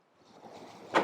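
A front trunk lid is pressed down with two hands toward its body latch after the first clunk, working toward the second click that fully engages the latch. A soft, rising broadband rustle builds over the second and swells into a louder burst right at the end. Nothing has seated or clicked yet.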